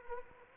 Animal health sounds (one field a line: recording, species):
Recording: mosquito wingbeat signal from an infrared sensor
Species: Anopheles arabiensis